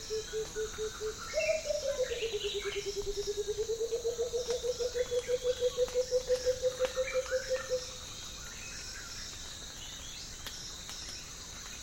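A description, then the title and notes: Rainforest ambience with a dense, steady high insect chorus shimmering throughout. A low pulsing call, likely a frog or insect, starts, swells from about one second and throbs rapidly until near eight seconds, then stops, leaving the chorus and faint bird notes. African Jungle is a huge collection of unique ambiences recorded in Central Africa's Congo Basin rainforests.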